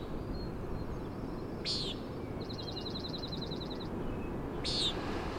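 Common nighthawk giving two harsh, buzzy peent calls three seconds apart, with a quick dry ticking trill between them, under constant wind and surf noise.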